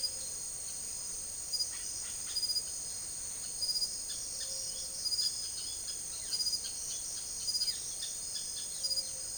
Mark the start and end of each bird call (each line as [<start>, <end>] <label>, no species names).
[1.70, 2.48] bird call
[4.06, 9.31] bird call